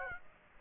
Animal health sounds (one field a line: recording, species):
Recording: mosquito wingbeat signal from an infrared sensor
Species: Aedes aegypti